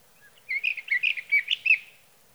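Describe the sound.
Sage thrasher song: a quick burst of varied warbled and slurred notes lasting about one and a half seconds, with quiet before and after.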